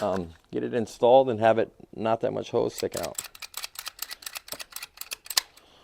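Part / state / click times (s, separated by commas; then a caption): water hose into push-fit connector of a countertop water filter / seated / 5.4 s. A cut length of water hose is pushed into the push-fit connector on a countertop water filter unit while someone talks. After the talking stops, a run of short, sharp ticks and taps follows. The loudest, sharpest hit at 5.4 s is the hose clicking into place, seated in the fitting.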